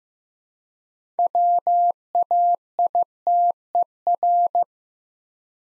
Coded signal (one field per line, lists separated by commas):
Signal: Morse code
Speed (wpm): 15 wpm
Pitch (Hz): 700 Hz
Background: none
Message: WAITER